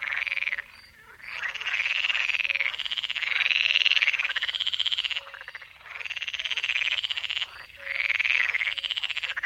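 Pool frogs calling in a dense chorus of rapid, rattling pulsed croaks, overlapping calls swelling and fading in long bursts with brief gaps near one, five and a half and seven and a half seconds.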